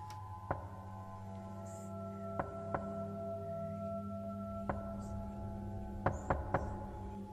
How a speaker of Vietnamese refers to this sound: Hôm nay đang ngủ say, bỗng nhiên bà nghe tiếng gõ cửa cùng với giọng nói quen thuộc vang lên.